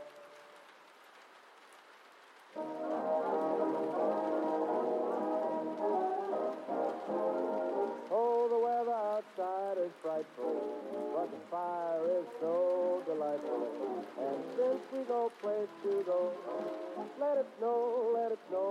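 Oldies music plays from another room, muffled and soft-edged, starting after a faint hiss of about two and a half seconds. Full sustained chords come first; from around eight seconds a wavering, sliding melody line, like a voice, rises and falls over them.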